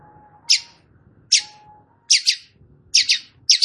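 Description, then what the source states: Long-tailed shrike giving short, harsh, rasping notes, single or doubled, in bursts roughly every second, over a faint intermittent hum and low rumble. Described as gacor, singing actively.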